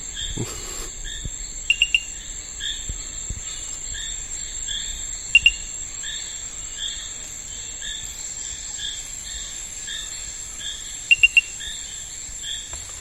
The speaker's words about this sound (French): Il s'agit d'une espèce de grenouille que j'ai pu décrire en 2013, qui est endémique de l'est de la région des Guyanes. J'ai décrit sa morphologie, son chant, et en fait elle a un chant très particulier. Elle produit 3 à 4 notes très cristallines,